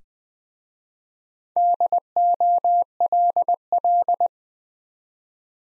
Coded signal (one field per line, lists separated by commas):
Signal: Morse code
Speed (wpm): 21 wpm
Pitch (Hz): 700 Hz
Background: none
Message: DOLL